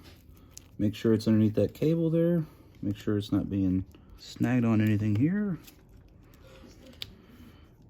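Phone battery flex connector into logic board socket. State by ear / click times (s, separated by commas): seated / 7.0 s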